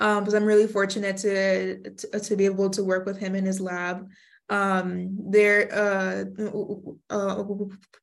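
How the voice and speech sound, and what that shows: A young woman who stutters, a university junior, speaks at a moderate pitch. She repeats "to" three times with an "uh" between, then trails into drawn-out "um" and "uh" fillers separated by long pauses. These word repetitions and prolonged interjections break the flow of speech, in keeping with stuttering.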